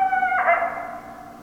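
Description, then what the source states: Coyote howl, a clear held tone that cracks into a harsh, quavering note before fading. Recorded 10 December 2012.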